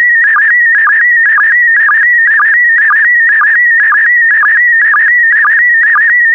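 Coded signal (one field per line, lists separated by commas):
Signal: SSTV (slow-scan television)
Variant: PD120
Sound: warbling tone near 2 kHz with a short low sync blip about twice a second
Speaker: complete. You can now check your decoded image against the picture that is shown on the video.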